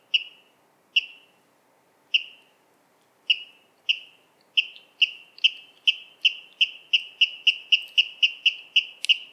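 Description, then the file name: Water rail giving sharp notes that start about a second apart, then speed up steadily into a rapid, even run of clipped calls toward the end. "Waterral Rallus aquaticus"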